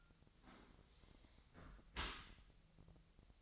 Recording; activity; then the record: daily activity, microphone in the room; close dishwasher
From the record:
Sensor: 3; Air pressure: 1003.1 hPa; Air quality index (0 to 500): 196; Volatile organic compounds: 6 ppm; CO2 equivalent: 1909 ppm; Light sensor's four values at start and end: 19/46/20/21 and 19/47/20/21